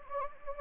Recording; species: mosquito wingbeat signal from an infrared sensor; Anopheles gambiae